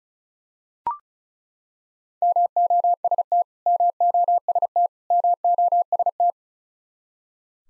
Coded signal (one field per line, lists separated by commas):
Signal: Morse code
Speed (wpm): 36 wpm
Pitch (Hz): 700 Hz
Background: none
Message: MOST MOST MOST